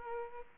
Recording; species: mosquito wingbeat signal from an infrared sensor; Aedes aegypti